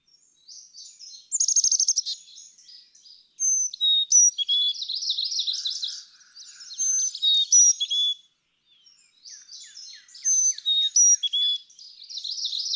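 Carolina chickadee calling: high chips mixed with dense buzzy chatter, in three bursts with short pauses.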